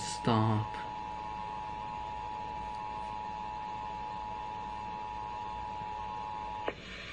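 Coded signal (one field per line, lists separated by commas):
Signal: Emergency Alert System (SAME) tones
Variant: 853 and 960 Hz attention tone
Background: speech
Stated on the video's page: Real child abduction emergency alert carried on an FM station and an IP radio stream.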